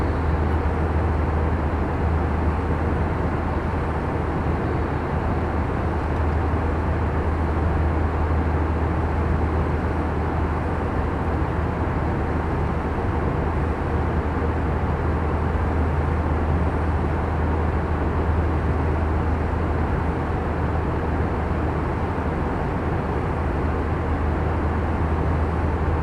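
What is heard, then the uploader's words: Steady airplane cabin roar with a strong low engine hum, unchanging and dense throughout, with no distinct events standing out. Full Flight From Ft.Lauderdale To San Juan, Puerto Rico. Plane Sounds, Flight Sounds. Engine Sounds, Mechanical Sounds.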